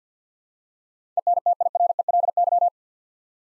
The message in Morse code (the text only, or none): ENTIRELY